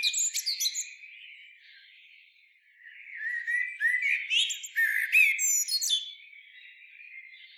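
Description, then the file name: Common blackbird singing: opening high squeaky notes, a quiet gap with soft background warbling, then a rich burst of fluty warbles mixed with rapid shrill twitters. "Turdus merula"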